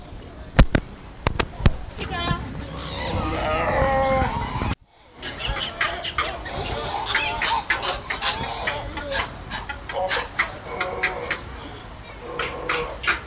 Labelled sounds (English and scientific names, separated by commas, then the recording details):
Gelada (Theropithecus gelada)
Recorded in captivity
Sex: group
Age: adult
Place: Tiergarten Wilhelma/Stuttgart, Baden-Württemberg, DE
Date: 2000-09-24 18:04
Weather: bedeckt, 15°C
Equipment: Nagra SN, Kopie Uher 4000 Report Monitor
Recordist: Tembrock, Günter